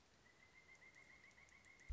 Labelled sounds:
Pileated Woodpecker
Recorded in Sonoma County, California

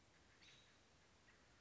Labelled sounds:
American Robin
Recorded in Sonoma County, California

